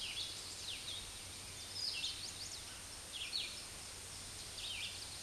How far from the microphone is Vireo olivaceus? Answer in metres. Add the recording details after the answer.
about 30 m. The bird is about 15 m above the microphone. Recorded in a Pennsylvania forest on 16 May 2024 at 06:42. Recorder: AudioMoth, point MSD-0398. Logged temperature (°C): 16.4 °C. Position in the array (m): 165 m, 73 m